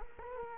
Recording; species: mosquito wingbeat signal from an infrared sensor; Culex quinquefasciatus